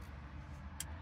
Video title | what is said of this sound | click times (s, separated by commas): Kia Sorento DISABLE Auto Start/Stop Feature - Turn ON and OFF permanently! [2021-2025] | making sure to hear the audible click to ensure that we have this fully installed and see | 0.8 s